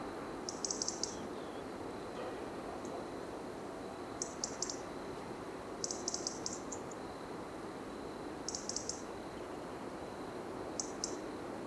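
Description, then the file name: European robin giving short, sharp, high ticking calls in quick clusters, repeated every few seconds over a steady background hiss and a faint tone. "Erithacus rubecula"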